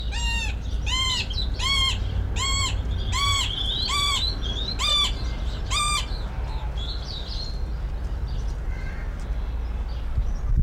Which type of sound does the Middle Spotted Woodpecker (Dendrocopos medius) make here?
call